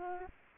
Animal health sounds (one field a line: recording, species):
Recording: mosquito wingbeat signal from an infrared sensor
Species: Aedes albopictus